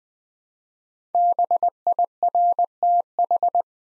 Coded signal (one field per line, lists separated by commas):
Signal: Morse code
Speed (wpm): 20 wpm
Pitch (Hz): 700 Hz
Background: none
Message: BIRTH